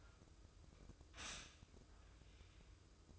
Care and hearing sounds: daily activity, microphone in the room; stop toaster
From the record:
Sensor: 2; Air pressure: 995.0 hPa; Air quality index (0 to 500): 59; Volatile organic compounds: 1 ppm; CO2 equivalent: 972 ppm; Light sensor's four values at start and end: 17/54/21/20 and 17/54/21/20

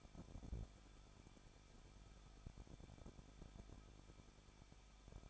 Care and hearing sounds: daily activity, microphone in the room; no activity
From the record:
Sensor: 5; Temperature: 20.9 degrees Celsius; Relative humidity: 38.2%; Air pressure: 1006.4 hPa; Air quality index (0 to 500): 190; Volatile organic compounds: 20 ppm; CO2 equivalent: 2674 ppm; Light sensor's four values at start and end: 2/3/1/1 and 2/3/1/1

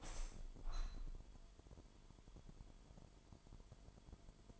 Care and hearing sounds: daily activity, microphone in the room; open window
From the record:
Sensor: 5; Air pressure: 998.2 hPa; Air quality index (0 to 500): 90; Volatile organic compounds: 2 ppm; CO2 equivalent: 1028 ppm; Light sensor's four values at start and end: 21/50/21/23 and 21/51/21/23

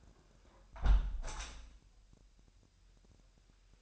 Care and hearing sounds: daily activity, microphone in the room; close window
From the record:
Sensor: 2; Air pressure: 1000.0 hPa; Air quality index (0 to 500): 242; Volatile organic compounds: 82 ppm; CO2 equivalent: 3625 ppm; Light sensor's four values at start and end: 8/20/8/8 and 8/20/8/8

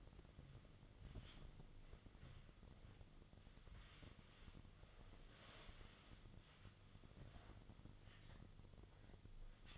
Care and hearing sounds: daily activity, microphone in the room; wipe stove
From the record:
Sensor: 4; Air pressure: 1005.6 hPa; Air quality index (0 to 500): 107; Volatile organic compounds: 3 ppm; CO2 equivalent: 1335 ppm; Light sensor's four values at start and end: 12/27/10/10 and 12/27/11/10

